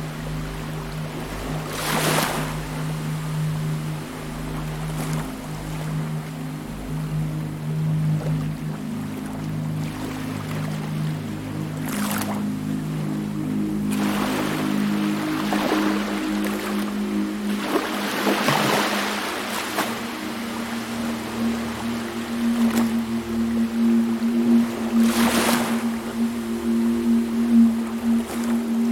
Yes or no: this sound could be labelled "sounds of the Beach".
yes